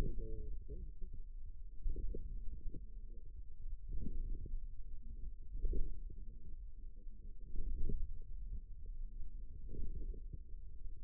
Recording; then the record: forearm muscle sounds (acoustic myography)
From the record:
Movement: ulnar deviation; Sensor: system 2, bracelet of six BSWA MPA416 microphones around the upper forearm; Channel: 3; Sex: male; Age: 22 years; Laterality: right